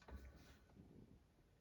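A 2001 Lakewood 16-inch R16/DSK old plastic table fan has its head handled at the tilt joint on the fan base; it has no tilt knob, and the tilt snaps into set positions. A low, heavy rumble of handling peaks in the first 0.3 seconds, then fades to softer shuffling and scraping. Nothing has seated or clicked yet.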